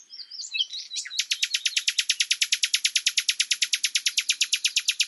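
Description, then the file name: Common nightingale giving a brief warble, then a long, rapid, evenly spaced series of loud harsh clicking notes. "Luscinia megarhynchos"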